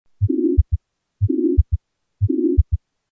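Regular adult heartbeat heard through a stethoscope at about 60 a minute. Each beat has a first sound, a steady rumbling systolic murmur, the second sound, then an extra early diastolic sound, a gallop. This fits myocarditis, where inflamed, weakened heart muscle gives a murmur and gallop rhythm.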